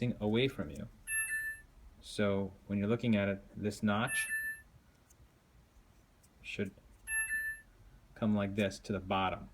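Someone talks while holding an SD memory card and turning it so its notch faces the bottom, lining it up with the card slot of a DVR609 DVR before sliding it in. Short, high beeping tones sound at regular intervals behind the speech. The card has not been inserted yet, and nothing has seated or clicked.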